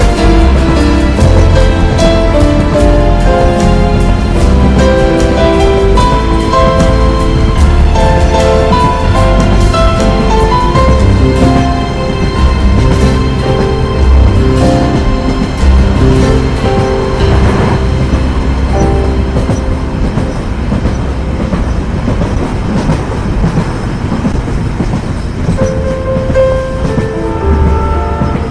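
A train running along with a steady chugging, clattering rhythm that holds loud and even throughout. Heavy low rumble sits under a busy layer of metallic rattles and rhythmic clicks, with occasional brighter squeals and tonal whines over the top.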